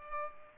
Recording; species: mosquito wingbeat signal from an infrared sensor; Culex pipiens